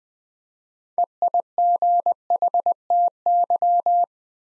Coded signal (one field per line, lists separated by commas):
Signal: Morse code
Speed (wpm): 20 wpm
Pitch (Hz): 700 Hz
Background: none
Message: EIGHTY